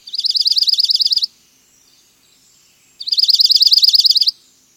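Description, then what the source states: Junco trills: two fast, even, ringing trills of about a second each, separated by a silence of nearly two seconds. Ringing trills; most juncos wintering in Washington will soon leave in spring for mountain forests.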